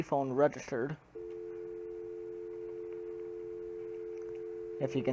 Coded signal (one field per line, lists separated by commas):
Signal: telephone call progress tone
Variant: North America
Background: speech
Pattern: dial tone